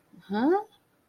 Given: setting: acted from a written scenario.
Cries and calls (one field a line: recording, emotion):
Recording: vocal sound without words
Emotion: confusion